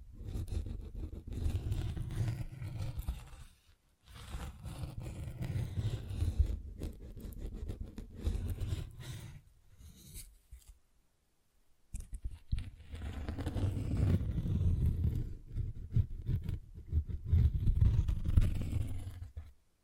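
Tapping and scratching on textured surfaces, dense rustly bursts with low thuds, pausing to silence near 4, 10 and 12 seconds.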